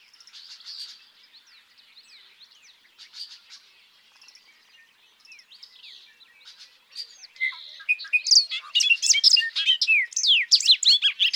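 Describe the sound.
Bobolink, quiet buzzy twittering for several seconds before breaking into a loud, rapid, jangling song of tumbling notes.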